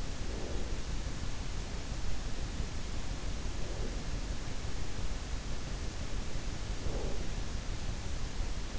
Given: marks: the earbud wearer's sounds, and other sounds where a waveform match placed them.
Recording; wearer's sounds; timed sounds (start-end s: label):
sounds in sleep by an in-ear microphone; breath
0.00-1.07 s: breath
3.29-4.55 s: breath
6.44-7.59 s: breath